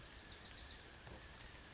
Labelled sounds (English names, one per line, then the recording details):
Bewick's Wren
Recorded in Sonoma County, California